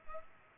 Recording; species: mosquito wingbeat signal from an infrared sensor; Culex pipiens